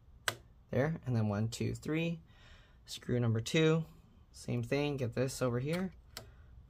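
A small screw going into a standoff in the chassis of a Dell Alienware M17 R4 laptop is turned backwards (counter-clockwise) until it drops into the start of its thread with a sharp click at 0.3 s, seating it before it is tightened. Someone then talks while moving on to the second screw, and another brief tick follows at 6.2 s.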